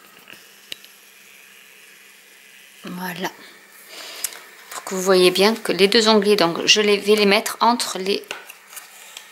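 Someone talks while handling a small cardboard gift box, getting ready to slip its two tabs between the box panels so they can be clipped into the slot of the paper box. Faint taps and light handling noises are heard around 0.7 s and 4.2 s. The clip ends before any tab goes in, so nothing has seated or clicked yet.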